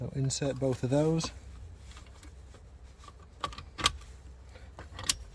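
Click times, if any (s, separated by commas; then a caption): 3.9 s, 5.1 s. Someone talks briefly, then two metal radio removal keys are pushed, notches facing inwards, into the two slots at the bottom of the CD/SD sat nav drive in the glovebox of a 2013–2019 SEAT Leon Mk3. Faint scraping and small clicks follow, with a sharp click at 3.9 s and another at 5.1 s as the keys engage the unit's retaining clips and seat.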